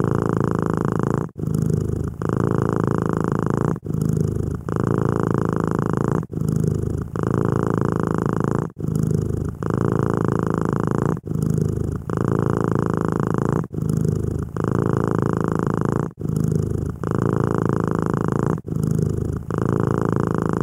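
A cat purrs, a deep, steady rumble that swells and pauses in a regular rhythm, with a brief gap roughly every two and a half seconds as it draws breath. The purr is low and full, with a faint buzzing edge above it.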